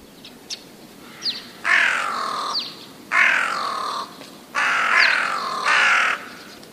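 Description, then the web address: Rook cawing with long, coarse calls, four grating notes in quick succession, with faint thin chirps from other birds in between. "wroblowe ptaki gawron"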